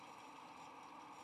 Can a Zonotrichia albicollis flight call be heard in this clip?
no